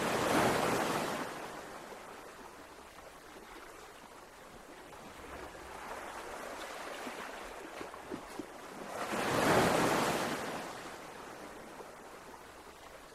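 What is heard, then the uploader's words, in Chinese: Ocean waves wash in and recede, with a loud surge at the start and another near ten seconds, softer rolling water between. 海浪聲,ASMR,海浪,流水,小河,溪水。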